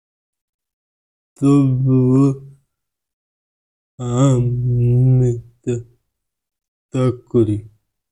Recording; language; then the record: elicited speech; Bengali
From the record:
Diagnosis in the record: Broca's or global aphasia after a stroke